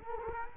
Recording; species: mosquito wingbeat signal from an infrared sensor; Culex quinquefasciatus